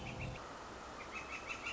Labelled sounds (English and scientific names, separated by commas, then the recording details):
Northern Flicker (Colaptes auratus)
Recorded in Sonoma County, California